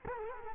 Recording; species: mosquito wingbeat signal from an infrared sensor; Culex quinquefasciatus